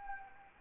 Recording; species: mosquito wingbeat signal from an infrared sensor; Anopheles arabiensis